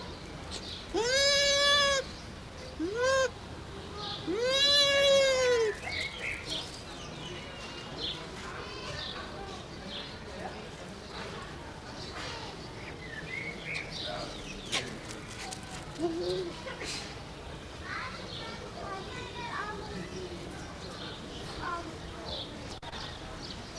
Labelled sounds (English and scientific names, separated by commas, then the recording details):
Bush Dog (Speothos venaticus) whimpering
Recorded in captivity
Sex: male
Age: adult
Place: Zoo Berlin, Berlin, DE
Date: 1992-05-09 12:27
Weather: wolkig, 11-14°C
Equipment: Nagra SN, Mikrofon AKG CK 8, Kopie Tesla B 116
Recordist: Tembrock, Günter
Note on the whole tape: Männchen allein (hinkt etwas): Laute, wenn am Gitter, nachdem Beobachter Mikro hingehalten, läuft umher (Außenanlage). Längere Stücke